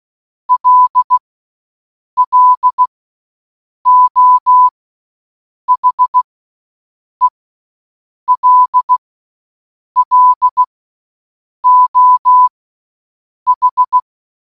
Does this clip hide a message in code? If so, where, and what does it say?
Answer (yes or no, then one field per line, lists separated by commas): yes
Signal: Morse code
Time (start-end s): 0.5-14.0 s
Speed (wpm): 16 wpm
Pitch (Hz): 1000 Hz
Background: none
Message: LLO HELLO H